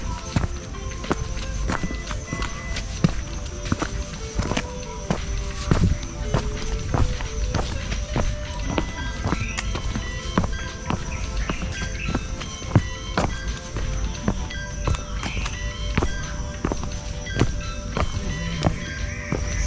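Footsteps from a walk through mountain woods at sunrise, crunching at a steady pace of roughly two steps a second for the whole stretch. Beneath them runs a constant low rumble and a thin high insect-like hum, with faint bird chirps now and then.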